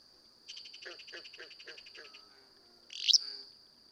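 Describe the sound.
Willow flycatcher: one brief burry, sneezy burst from a Willow flycatcher follows a soft stuttering trill of another bird, with a continuous high whine behind.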